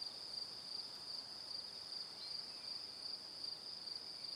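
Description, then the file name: Cricket chorus giving a continuous shrill, pulsing chirp at a fast, even rate, over a low, steady hiss. Crickets heard in the evening. "Calm - Evening Crickets"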